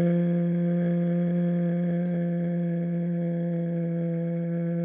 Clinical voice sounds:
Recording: sustained vowel /e/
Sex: male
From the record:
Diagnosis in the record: Parkinson's disease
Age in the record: 71 years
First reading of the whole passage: 62 s, 8.3 characters per second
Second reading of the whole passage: 53 s, 9.9 characters per second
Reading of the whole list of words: 66 s, 4.2 characters per second

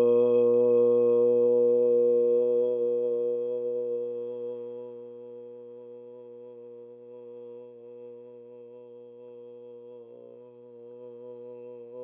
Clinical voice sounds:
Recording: sustained vowel /o/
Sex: male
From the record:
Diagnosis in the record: healthy control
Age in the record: 68 years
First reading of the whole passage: 59 s, 8.4 characters per second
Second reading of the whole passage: 56 s, 8.8 characters per second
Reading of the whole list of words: 34 s, 8.3 characters per second

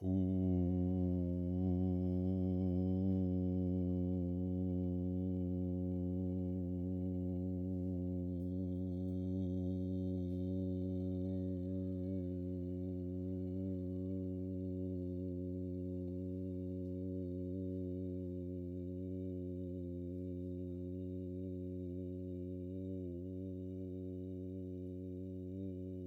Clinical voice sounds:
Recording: sustained vowel /u/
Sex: male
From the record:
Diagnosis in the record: Parkinson's disease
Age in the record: 65 years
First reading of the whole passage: 52 s, 9.9 characters per second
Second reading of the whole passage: 50 s, 10.3 characters per second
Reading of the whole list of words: 40 s, 7.0 characters per second

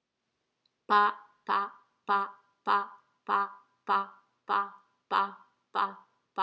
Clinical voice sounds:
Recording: repeated syllable /pa/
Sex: female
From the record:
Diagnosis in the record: healthy control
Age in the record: 61 years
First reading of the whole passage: 67 s, 7.7 characters per second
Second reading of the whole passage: 54 s, 9.6 characters per second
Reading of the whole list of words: 44 s, 6.4 characters per second

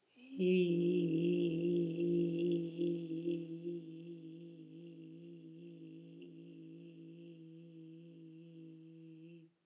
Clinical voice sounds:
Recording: sustained vowel /i/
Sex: female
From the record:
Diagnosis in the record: healthy control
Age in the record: 72 years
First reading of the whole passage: 67 s, 7.5 characters per second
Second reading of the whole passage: 67 s, 7.5 characters per second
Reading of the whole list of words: 68 s, 4.2 characters per second

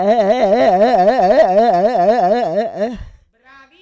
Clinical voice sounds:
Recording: sustained vowel /e/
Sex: female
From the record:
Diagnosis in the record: Parkinson's disease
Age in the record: 78 years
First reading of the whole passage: 164 s, 3.2 characters per second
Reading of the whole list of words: 108 s, 2.6 characters per second

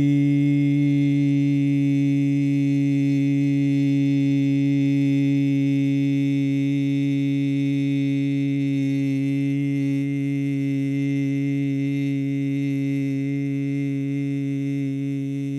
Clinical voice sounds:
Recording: sustained vowel /i/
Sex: male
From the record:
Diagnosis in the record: Parkinson's disease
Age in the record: 50 years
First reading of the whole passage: 72 s, 7.2 characters per second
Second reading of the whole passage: 54 s, 9.6 characters per second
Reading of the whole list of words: 40 s, 7.1 characters per second

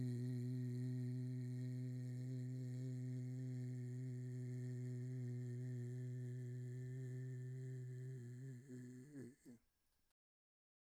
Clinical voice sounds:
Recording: sustained vowel /i/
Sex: male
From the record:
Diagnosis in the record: Parkinson's disease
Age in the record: 68 years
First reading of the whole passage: 84 s, 6.2 characters per second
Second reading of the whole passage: 63 s, 8.2 characters per second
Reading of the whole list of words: 57 s, 5.0 characters per second

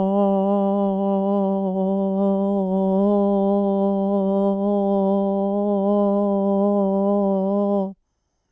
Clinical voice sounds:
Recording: sustained vowel /o/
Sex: female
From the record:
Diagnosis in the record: Parkinson's disease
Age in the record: 80 years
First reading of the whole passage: 169 s, 3.1 characters per second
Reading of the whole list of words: 101 s, 2.8 characters per second

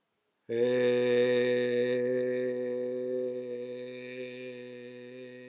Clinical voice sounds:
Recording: sustained vowel /e/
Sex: male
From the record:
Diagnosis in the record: healthy control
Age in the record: 76 years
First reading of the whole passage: 56 s, 9.2 characters per second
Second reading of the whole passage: 53 s, 9.7 characters per second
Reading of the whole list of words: 49 s, 5.7 characters per second

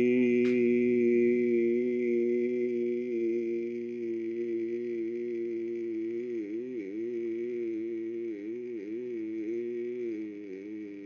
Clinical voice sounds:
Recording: sustained vowel /i/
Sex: male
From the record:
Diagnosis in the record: healthy control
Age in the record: 60 years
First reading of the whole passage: 60 s, 8.3 characters per second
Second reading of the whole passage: 54 s, 9.4 characters per second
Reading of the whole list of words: 38 s, 7.2 characters per second

